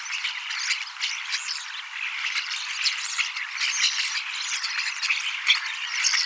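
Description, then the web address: Common starling song, busy overlapping chatter of clicks, rattles and squeaky notes with a few thin whistles near the end. Young starlings singing and practising song, mimicking several other species a little; 18 October 2024. "paivat 18 10 2024 kasittaakseni kottaraisnuoret laulavat lauluharjoittelevat useita lajeja matkivat hiukan"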